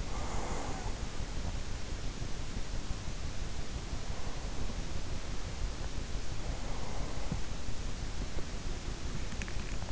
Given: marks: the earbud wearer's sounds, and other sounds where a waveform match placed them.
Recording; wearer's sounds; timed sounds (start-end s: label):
sounds in sleep by an in-ear microphone; breath
0.00-1.91 s: breath
4.12-7.37 s: breath